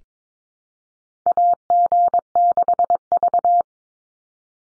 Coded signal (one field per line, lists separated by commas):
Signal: Morse code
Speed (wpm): 22 wpm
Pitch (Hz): 700 Hz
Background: none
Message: AG6V